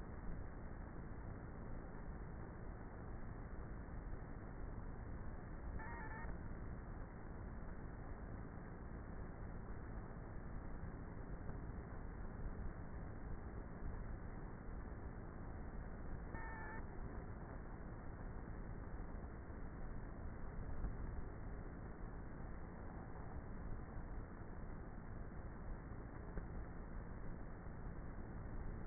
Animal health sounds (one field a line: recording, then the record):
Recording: honeybee colony, microphone inside the hive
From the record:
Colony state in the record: queenless with a low population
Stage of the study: before two queens were removed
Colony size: about 30,000 bees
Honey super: no